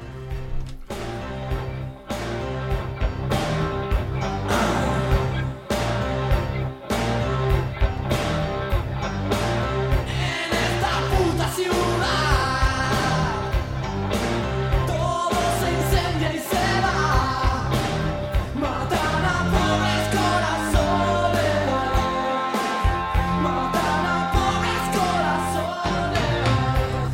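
A loud Argentine rock song from a 1987 album, a classic from Rosario, plays throughout, with furious shouted vocals over dense, distorted band backing and pounding, steady drums that keep a driving rhythm for the whole stretch.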